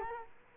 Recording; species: mosquito wingbeat signal from an infrared sensor; Culex quinquefasciatus